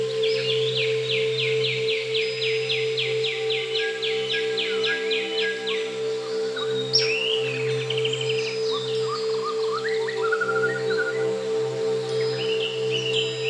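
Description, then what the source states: White-crowned shama opens with a fast, even series of many sharp repeated notes, then varied whistles and slurred phrases follow, over a steady low hum. Sound recorded in nature.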